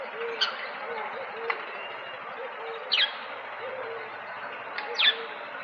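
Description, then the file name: Budgerigar chirps: several short sharp notes over a steady background of soft chattering. "Budgie Sounds"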